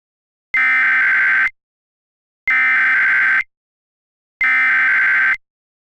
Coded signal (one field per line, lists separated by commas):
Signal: Emergency Alert System (SAME) tones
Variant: header bursts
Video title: [EAS Mock] SAGE 1822 Macro Test (1999)